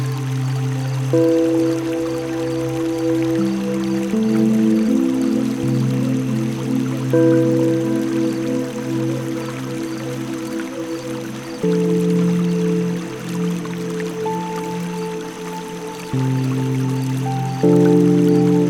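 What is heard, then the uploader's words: A soft murmur of flowing river water hisses faintly beneath slow, sustained music. Low, warm chords hold for a few seconds each, then shift to new notes, with occasional higher tones above. The loudness stays steady throughout. A Peaceful Night By The River With Relaxing Music & Nature Sounds. The soft murmur of the flowing river.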